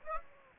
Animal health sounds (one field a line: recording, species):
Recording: mosquito wingbeat signal from an infrared sensor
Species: Aedes aegypti